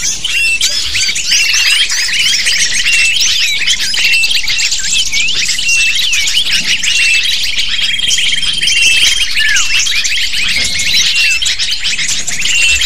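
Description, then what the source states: Lovebirds twittering en masse, a steady wash of shrill chirps and quick squeaky notes, with occasional long thin whistles. Lure (pikat) used to attract lovebirds.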